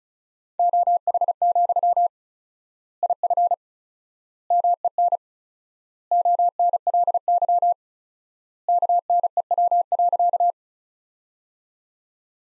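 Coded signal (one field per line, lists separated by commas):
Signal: Morse code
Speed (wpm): 36 wpm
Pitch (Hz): 700 Hz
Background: none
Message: OH, IF MEN ONLY KNEW.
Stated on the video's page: Morse sentences built from the top 500 words, sent at 35 wpm with word spacing stretched to four times standard, a practice drill akin to Farnsworth.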